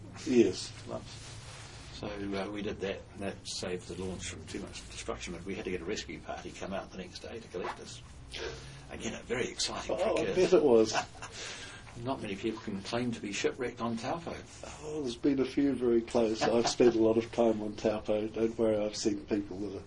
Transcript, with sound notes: So we did that and that saved the launch from too much destruction but we had to get a rescue party come out the next day to collect us. Again, very exciting for kids! [Chuckle] Not many people can claim to be shipwrecked on Taupo. Oh, there’s been a few very close. I’ve spent a lot of time on Taupo – don’t worry, I’ve seen people that are…